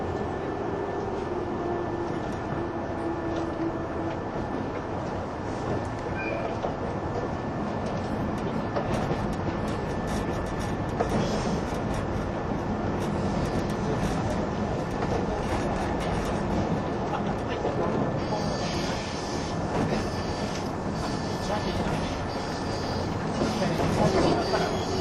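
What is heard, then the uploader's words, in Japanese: Inside a 185-series train underway, a steady dense rumble of running noise with a faint constant whine and brighter hiss after eighteen seconds. 185系 踊り子106号01 伊豆急下田～熱海。修善寺始発の列車を併結しつつも上り列車で最速となる、185系踊り子106号を収録したものです。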